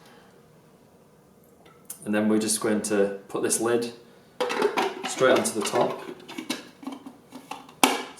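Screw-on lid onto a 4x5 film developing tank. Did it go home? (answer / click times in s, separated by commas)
yes / 7.8 s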